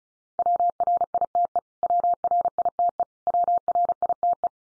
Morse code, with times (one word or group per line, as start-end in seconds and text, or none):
0.4-1.6 WRITE
1.8-3.0 WRITE
3.3-4.5 WRITE